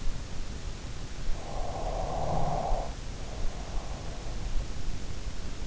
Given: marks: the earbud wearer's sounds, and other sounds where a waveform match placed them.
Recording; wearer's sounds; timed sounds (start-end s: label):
sounds in sleep by an in-ear microphone; snoring breath
1.67-4.50 s: snoring breath